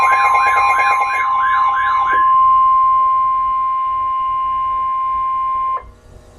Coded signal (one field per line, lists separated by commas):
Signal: Emergency Alert System (SAME) tones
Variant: 1050 Hz attention tone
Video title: Severe Thunderstorm Warning - EAS #607